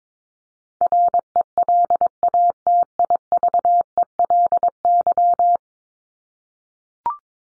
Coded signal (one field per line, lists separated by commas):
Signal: Morse code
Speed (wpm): 22 wpm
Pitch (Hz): 700 Hz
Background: none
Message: RELATIVELY